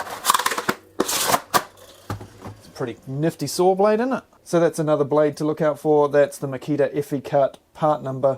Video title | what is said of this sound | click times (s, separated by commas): Circular Saw Blade Guide. All Tooth Types Explained. | Turn it the other way, and it locks in place. | 0.3 s, 0.4 s, 0.5 s, 0.6 s, 0.7 s, 1.0 s